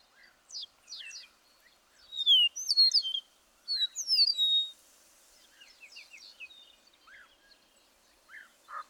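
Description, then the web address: Bird song in bursts: rapid high twittering and bright descending slurred whistles, with softer lower chirps scattered between phrases and quiet gaps. "birdsong 162"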